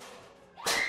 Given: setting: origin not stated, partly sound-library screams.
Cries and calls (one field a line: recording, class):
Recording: one-second piece from a danger detection set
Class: woman in danger